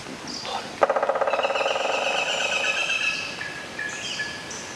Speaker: เด็กๆคะมาตั้งใจฟังเสียงนกหัวขวานเจาะโพรงไม้กันดีกว่านะคะ